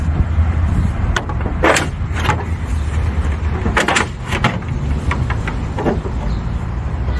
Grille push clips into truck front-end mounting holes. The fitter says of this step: And you'll hear it snap.